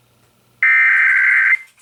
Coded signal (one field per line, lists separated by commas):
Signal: Emergency Alert System (SAME) tones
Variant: header bursts